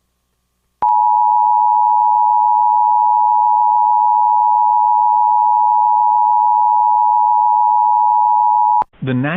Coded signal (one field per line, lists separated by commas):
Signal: Emergency Alert System (SAME) tones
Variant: 853 and 960 Hz attention tone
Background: speech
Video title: EAS Reenactment Mock: SVR for Davidson County, NC